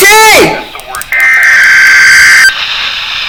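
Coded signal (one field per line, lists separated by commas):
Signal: Emergency Alert System (SAME) tones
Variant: header bursts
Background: speech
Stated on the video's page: NOAA Weather Radio required weekly test from station KEC73.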